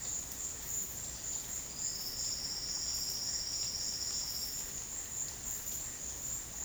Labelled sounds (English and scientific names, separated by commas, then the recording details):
none
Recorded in secondary vegetation near Puerto Asís, Putumayo, Colombia, on 18 February 2024 at 14:00
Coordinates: 0.468, -76.324
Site G6381